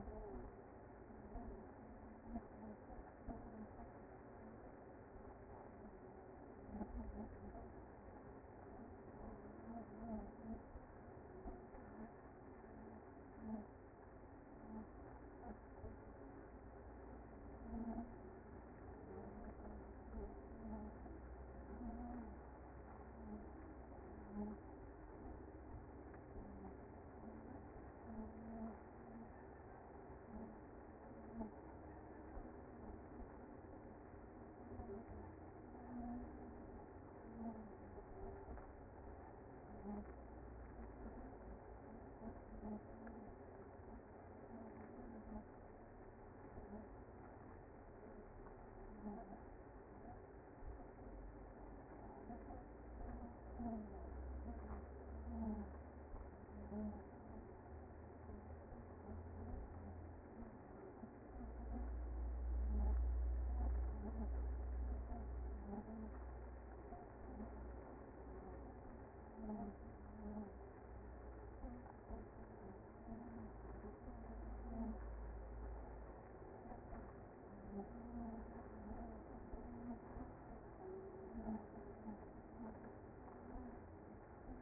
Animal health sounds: honeybee colony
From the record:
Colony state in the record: active

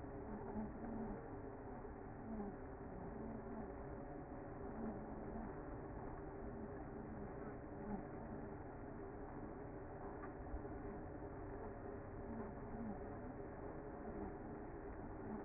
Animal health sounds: honeybee colony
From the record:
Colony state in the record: active

